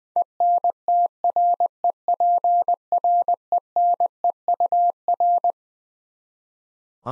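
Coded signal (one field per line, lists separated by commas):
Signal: Morse code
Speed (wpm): 20 wpm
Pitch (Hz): 700 Hz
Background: none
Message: ENTREPRENEUR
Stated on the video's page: Head-copy practice of twelve-letter words at 20 wpm, each word sent in Morse, spoken, then sent again.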